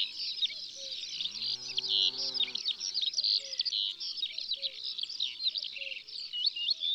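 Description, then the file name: Eurasian skylark song, a dense high babbling warble running throughout, interrupted by a low harmonic bleating call for about a second and a half. Sung in the countryside. "Alouette des champs Chants doiseaux dans la campagne"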